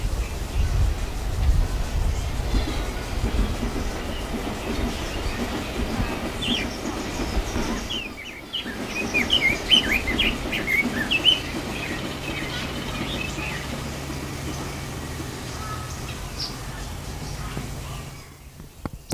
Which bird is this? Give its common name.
Red-billed Leiothrix